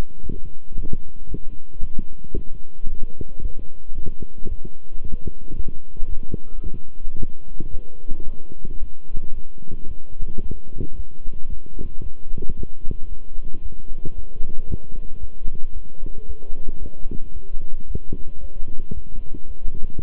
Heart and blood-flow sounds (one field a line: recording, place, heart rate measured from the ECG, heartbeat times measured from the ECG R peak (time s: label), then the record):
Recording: heart sounds by stethoscope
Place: between the tricuspid and mitral areas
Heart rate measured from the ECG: 112 bpm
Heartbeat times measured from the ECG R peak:
0.21 s: heartbeat
0.74 s: heartbeat
1.27 s: heartbeat
1.79 s: heartbeat
2.33 s: heartbeat
2.87 s: heartbeat
3.40 s: heartbeat
3.93 s: heartbeat
4.47 s: heartbeat
5.00 s: heartbeat
5.54 s: heartbeat
6.08 s: heartbeat
6.61 s: heartbeat
7.15 s: heartbeat
7.69 s: heartbeat
8.23 s: heartbeat
8.78 s: heartbeat
9.32 s: heartbeat
9.86 s: heartbeat
10.40 s: heartbeat
10.94 s: heartbeat
11.48 s: heartbeat
12.01 s: heartbeat
12.54 s: heartbeat
13.07 s: heartbeat
13.60 s: heartbeat
14.13 s: heartbeat
14.66 s: heartbeat
15.19 s: heartbeat
15.72 s: heartbeat
16.24 s: heartbeat
16.77 s: heartbeat
17.32 s: heartbeat
17.85 s: heartbeat
18.39 s: heartbeat
18.92 s: heartbeat
19.46 s: heartbeat
19.98 s: heartbeat
From the record:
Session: walking at 3.7 km/h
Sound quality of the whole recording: good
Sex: male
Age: 26 years